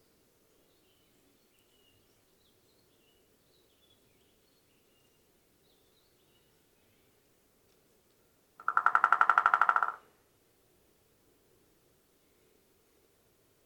American Three-toed Woodpecker drum recorded on the Emerald Lake Trail in Rocky Mountain National Park.